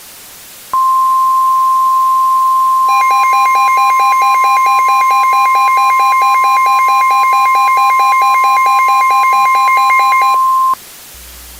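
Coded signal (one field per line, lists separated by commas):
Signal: Emergency Alert System (SAME) tones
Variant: 1050 Hz attention tone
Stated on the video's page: Fictional EAS scenario of a Seattle blizzard, simulated alert with valid tones.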